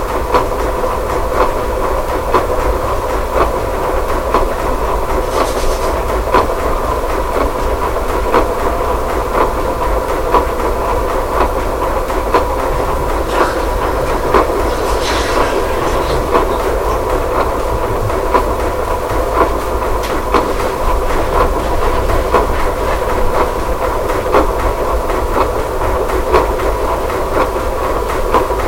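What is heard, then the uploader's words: A clock ticks through a constant bed of sound: a low rumble and steady mid-pitched droning tones, with rapid clicks running the whole way. Brief hissy, brighter bursts stand out around 6, 13 and 15 seconds. The track is made only from a clock sample. I recorded the sound of the clock ticking and incidental sounds for a couple of minutes, and that forms the backbone.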